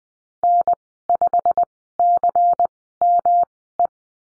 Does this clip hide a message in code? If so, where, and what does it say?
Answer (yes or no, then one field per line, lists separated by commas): yes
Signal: Morse code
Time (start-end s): 0.4-3.9 s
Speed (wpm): 19 wpm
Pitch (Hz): 700 Hz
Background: none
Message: N5CME